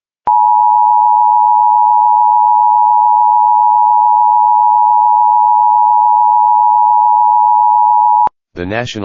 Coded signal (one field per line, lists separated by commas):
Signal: Emergency Alert System (SAME) tones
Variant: 853 and 960 Hz attention tone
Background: speech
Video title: Local Area Emergency/Announcement ￼(New EAS 16) (please read the description)